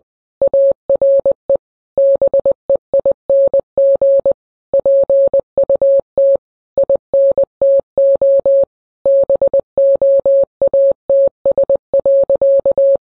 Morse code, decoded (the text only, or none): ARE BEING PUT INTO BOATS.